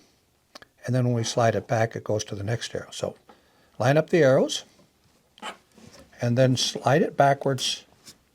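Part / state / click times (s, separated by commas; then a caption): push-to-open unit on a drawer slide / not seated / none. A right-side Blum Tip-On push-to-open unit is handled on a Blum Movento drawer slide, lined up with the arrows and slid backwards, while someone talks throughout. A few faint, brief ticks sound near 0.6 s and 5.4 s. Nothing has seated or clicked into place on the slide yet.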